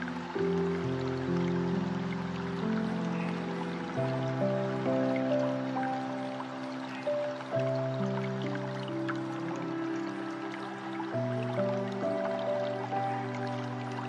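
Running water trickles and babbles steadily for the whole stretch, with small drips and splashes scattered throughout. Beneath it, low sustained tones hold and then shift to new pitches every couple of seconds, like slow chords. The overall level stays even.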